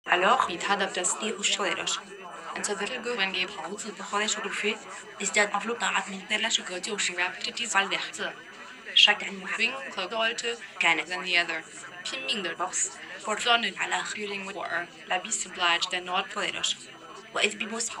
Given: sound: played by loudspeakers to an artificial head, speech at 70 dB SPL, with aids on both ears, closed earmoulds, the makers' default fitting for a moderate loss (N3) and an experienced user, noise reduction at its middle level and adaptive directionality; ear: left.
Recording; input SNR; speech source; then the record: speech test signal (ISTS) in cocktail-party noise; +6 dB; in front (0 degrees)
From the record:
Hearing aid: class 2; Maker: E